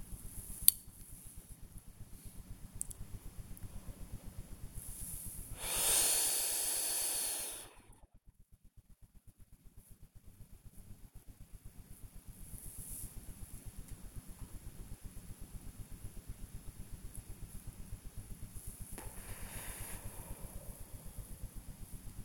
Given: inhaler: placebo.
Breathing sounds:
one use of a dry powder inhaler by a smartwatch
0.36-1.09 s: inhaler activation
3.54-4.74 s: exhalation
5.49-8.12 s: inhalation
18.91-21.97 s: exhalation

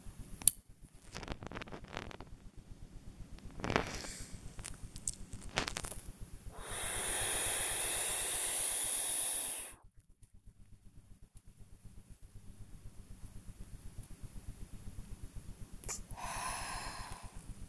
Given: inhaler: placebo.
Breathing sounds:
one use of a dry powder inhaler by a smartwatch
0.07-0.73 s: inhaler activation
3.58-4.47 s: exhalation
6.46-9.91 s: inhalation
15.76-17.53 s: exhalation

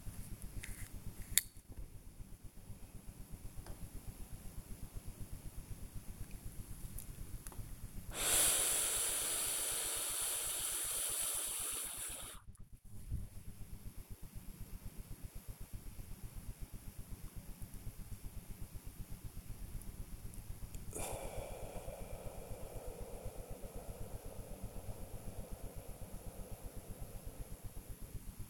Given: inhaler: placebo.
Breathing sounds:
one use of a dry powder inhaler by a smartwatch
0.36-1.75 s: inhaler activation
2.38-3.63 s: exhalation
7.96-13.08 s: inhalation
20.79-28.16 s: exhalation

